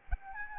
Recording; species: mosquito wingbeat signal from an infrared sensor; Aedes albopictus